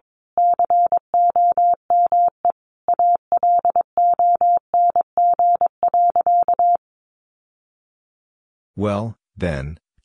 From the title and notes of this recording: First, the words are sent in Morse code. Then it is spoken.